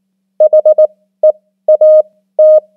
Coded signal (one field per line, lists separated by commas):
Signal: Morse code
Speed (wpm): 19 wpm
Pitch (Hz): 620 Hz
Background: none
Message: HEAT